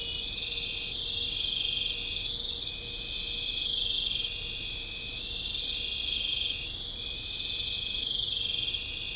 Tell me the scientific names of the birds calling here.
none